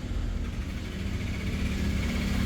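A charging connector is being handled at the charging port of a TVS Orbiter electric scooter, pushed straight in toward the port where a spring latch will lock it. Only a steady low rumble and faint handling noise are heard over the 2.5 seconds, with no distinct click. Nothing has seated or clicked yet.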